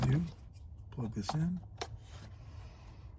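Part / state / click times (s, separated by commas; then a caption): wiring harness connector into mass airflow sensor / not seated / none. A wiring harness connector is handled at the mass airflow sensor of a 2021 Buick Encore with a 1.4 engine while someone talks. Light handling noise sits under the speech. The connector has not seated or clicked yet.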